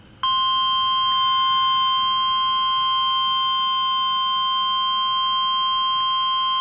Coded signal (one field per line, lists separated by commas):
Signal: Emergency Alert System (SAME) tones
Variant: 1050 Hz attention tone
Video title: WXJ-46 Required Weekly Test (EAS #347)